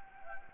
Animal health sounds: mosquito wingbeat signal from an infrared sensor; Anopheles gambiae

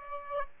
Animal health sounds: mosquito wingbeat signal from an infrared sensor; Aedes aegypti

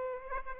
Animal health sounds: mosquito wingbeat signal from an infrared sensor; Aedes aegypti

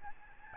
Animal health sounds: mosquito wingbeat signal from an infrared sensor; Aedes albopictus

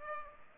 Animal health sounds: mosquito wingbeat signal from an infrared sensor; Culex pipiens

